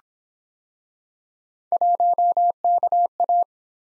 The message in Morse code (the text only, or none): 1KA